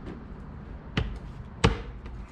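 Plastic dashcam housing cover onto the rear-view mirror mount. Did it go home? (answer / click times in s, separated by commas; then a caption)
yes / 1.0 s, 1.6 s. A plastic dashcam housing cover on a Peugeot 308 T7 is lined up around the mirror-mounted dashcam and pushed home onto the rear-view mirror mount. Two sharp plastic clicks sound at 0.9 s and 1.6 s, and the cover is seated, locked in place.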